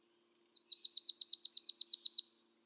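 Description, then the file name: Marsh tit uttering a brisk series of about thirteen high, downslurred notes at a steady pace, over a faint low hum. "Poecile palustris"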